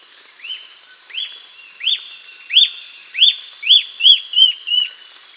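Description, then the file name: Bird calls: a series of arched, rising-then-falling whistled notes, widely spaced at first and quickening while growing louder, over a steady high-pitched whine. "SABIOD 50 bird 2015"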